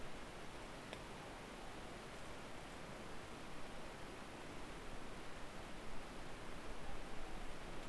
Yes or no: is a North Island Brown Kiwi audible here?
no